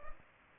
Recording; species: mosquito wingbeat signal from an infrared sensor; Culex pipiens